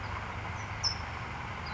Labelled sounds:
California Towhee
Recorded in Sonoma County, California

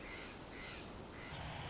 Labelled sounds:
Pacific Wren
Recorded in Sonoma County, California

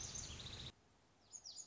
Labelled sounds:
Lazuli Bunting
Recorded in Sonoma County, California

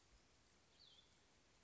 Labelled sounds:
Cassin's Vireo
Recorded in Sonoma County, California

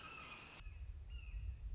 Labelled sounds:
Red-shouldered Hawk
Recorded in Sonoma County, California

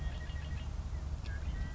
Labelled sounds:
Red-winged Blackbird
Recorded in Sonoma County, California

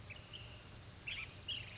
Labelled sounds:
Ash-throated Flycatcher
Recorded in Sonoma County, California

